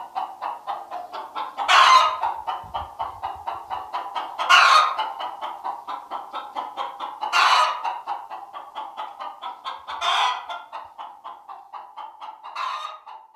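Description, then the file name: Chicken giving rapid, regular clucks broken by louder, buzzy squawks roughly every three seconds; a brief low thump sounds early on. "Odgosy zwierzat- kura"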